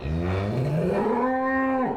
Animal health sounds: contact call of a hoofed animal; cattle; low-frequency (closed-mouth) or high-frequency (open-mouth) call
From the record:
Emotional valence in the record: negative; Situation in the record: full separation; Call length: 1.97 s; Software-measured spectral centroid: 1120 Hz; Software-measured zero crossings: 1130 a second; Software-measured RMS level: -24 dBFS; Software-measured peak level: -13 dBFS

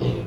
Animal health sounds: contact call of a hoofed animal; pig; closed-mouth grunt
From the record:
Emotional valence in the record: negative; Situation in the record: short social isolation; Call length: 0.27 s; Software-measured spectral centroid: 1460 Hz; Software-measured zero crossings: 930 a second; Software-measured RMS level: -24 dBFS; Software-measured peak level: -11 dBFS

